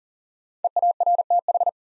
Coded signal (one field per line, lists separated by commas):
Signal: Morse code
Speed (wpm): 40 wpm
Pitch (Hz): 700 Hz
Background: none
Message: EARTH